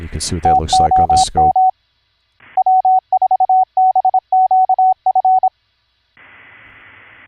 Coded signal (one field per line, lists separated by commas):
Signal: Morse code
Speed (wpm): 26 wpm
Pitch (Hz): 750 Hz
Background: speech, radio noise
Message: TOM W4BQF